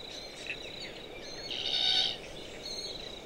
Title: Autumn Afternoon In The Marshy Woodlands By Durras Lake